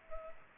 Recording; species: mosquito wingbeat signal from an infrared sensor; Culex pipiens